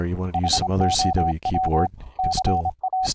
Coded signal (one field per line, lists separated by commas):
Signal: Morse code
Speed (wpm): 26 wpm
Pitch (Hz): 750 Hz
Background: speech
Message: HOW CA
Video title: Remote control of a HAM RADIO RIG - a Linux Laptop connecting to a Raspberry PI Rig Interface